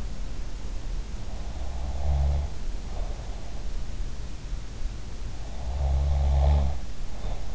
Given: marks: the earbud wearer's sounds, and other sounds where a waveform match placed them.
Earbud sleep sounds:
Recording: sounds in sleep by an in-ear microphone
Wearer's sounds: snoring breath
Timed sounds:
1.32-3.74 s: snoring breath
5.42-7.55 s: snoring breath

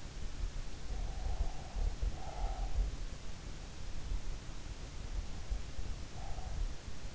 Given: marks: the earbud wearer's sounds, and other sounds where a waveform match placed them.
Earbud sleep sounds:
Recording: sounds in sleep by an in-ear microphone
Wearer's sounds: breath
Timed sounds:
1.05-2.93 s: breath

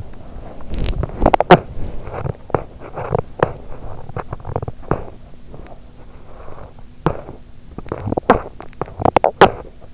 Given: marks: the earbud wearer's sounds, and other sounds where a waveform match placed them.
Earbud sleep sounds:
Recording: sounds in sleep by an in-ear microphone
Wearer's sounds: body movement, teeth grinding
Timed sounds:
0.00-6.99 s: body movement
0.75-5.02 s: teeth grinding
6.99-9.68 s: teeth grinding

